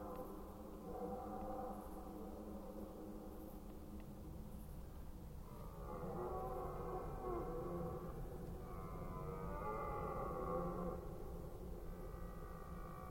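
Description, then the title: Red deer roars, a held harmonic bellow early on, then two long throaty roars in the second half, over low rumble. Recorded during the rut in Forêt d'Orléans, France. "Red Deer Rut - Forêt d'Orleans, France"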